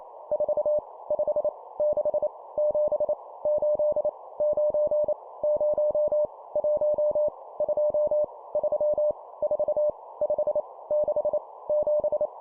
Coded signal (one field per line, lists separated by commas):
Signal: Morse code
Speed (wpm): 28 wpm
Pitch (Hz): 600 Hz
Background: none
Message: 4 5 6 7 8 9 0 1 2 3 4 5 6 7